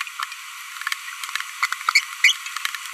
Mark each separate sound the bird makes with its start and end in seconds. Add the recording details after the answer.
1.63-1.66, 1.95-1.99, 2.24-2.32. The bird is a female. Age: 25 days. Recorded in a nest box in Venezuela. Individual 17B42B1